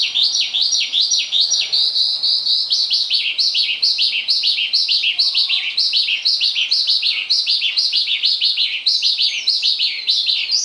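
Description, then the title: Javan bush lark singing a fast, unbroken run of sharp, downslurred chirps, high and busy, repeated over and over without pause. "Suara Burung Branjangan"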